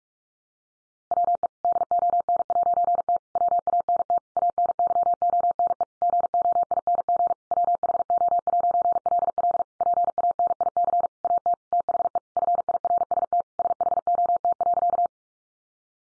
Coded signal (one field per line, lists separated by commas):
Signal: Morse code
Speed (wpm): 44 wpm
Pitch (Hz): 700 Hz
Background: none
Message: WE DON'T WANT ANYONE GOING WHO'LL PANIC AT THE FIRST SHOT.